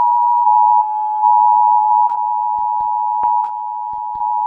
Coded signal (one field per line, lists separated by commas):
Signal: Emergency Alert System (SAME) tones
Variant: 853 and 960 Hz attention tone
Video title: My Fictional Countries Eas Alarms